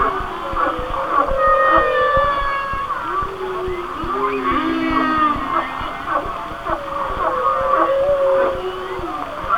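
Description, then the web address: Whale song with layered tonal moans and short rising whoops, a low sliding groan near the middle, and faint clicking pulses over steady hiss. "Natures Songs Whale Songs Whale Songs"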